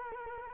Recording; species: mosquito wingbeat signal from an infrared sensor; Culex quinquefasciatus